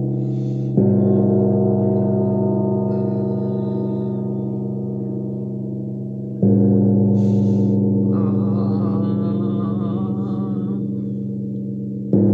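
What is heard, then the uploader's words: A gong is struck about every six seconds, near the start, the middle and the very end. Each stroke blooms into a deep, rich hum that fades only slowly and overlaps the next. After the second strike, a wavering, shimmering higher tone swells and then settles. Heart Gong Immersion by Sound Alchemist Julie Jewels Smoot.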